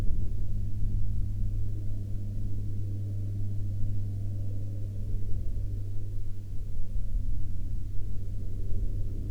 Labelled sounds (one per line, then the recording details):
aircraft
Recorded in the Arctic National Wildlife Refuge, Alaska, on 9 August 2019 at 13:02
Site 35